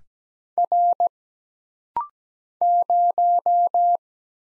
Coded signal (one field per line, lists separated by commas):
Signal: Morse code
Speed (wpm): 17 wpm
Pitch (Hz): 700 Hz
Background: none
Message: R 0